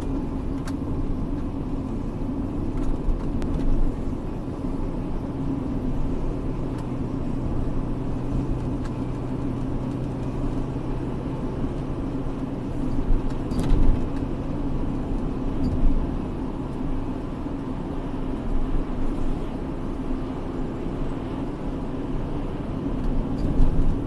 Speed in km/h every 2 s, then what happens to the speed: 66, 69, 70, 73, 73, 75, 74, 75, 74, 76, 75, 70.
0-6 speeds up to 73. 6-17 steady at about 74.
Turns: none.